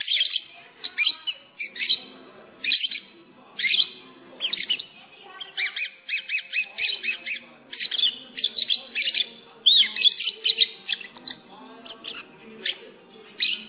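Lovebird giving a near-continuous stream of sharp, shrill chirps and squeaky twitters, with only brief breaks between the bursts.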